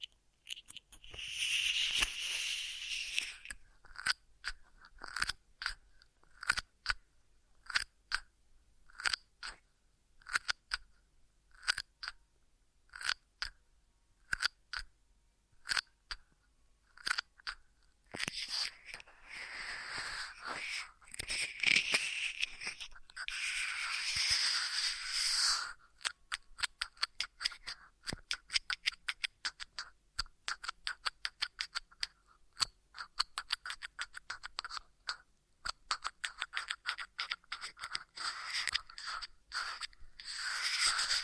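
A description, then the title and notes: Ear massage sounds made of dense, crackly rubbing and sharp ticking clicks, bright and crisp with almost nothing low. Thicker rustling swells come near the start and again around twenty to twenty-six seconds, while rapid scattered taps fill the stretches between and after. Ear Massage Triggers.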